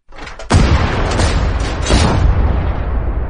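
A loud gunshot sound effect bursts in after a brief rustling lead-in as the story character Tô Bạch fires a gun. A heavy booming roar follows and rumbles on for several seconds, with no voices.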